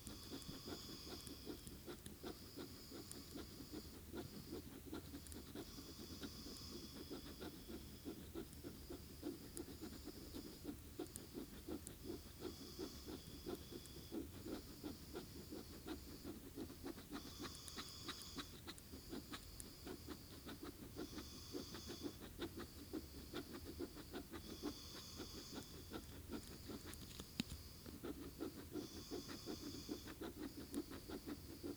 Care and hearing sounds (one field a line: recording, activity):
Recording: daily activity, guitar pickup as the sensor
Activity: write